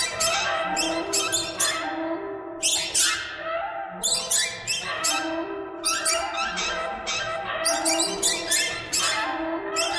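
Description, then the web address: Birds chattering in a dense chorus, harsh overlapping squawks and chirps with bursts of sharp high notes, continuous throughout. "soundfactory birds"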